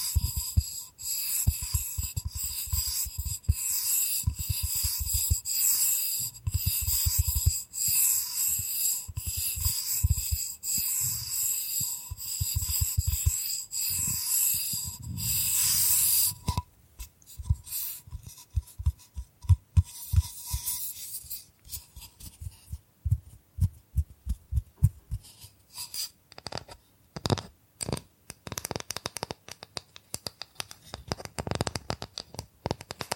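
Bamboo being tapped, scratched and brushed, with dense bright rustling and regular knocks for the first sixteen seconds. After that the brushing stops and sparse, uneven taps and clicks continue, some in quick clusters, with short gaps between them.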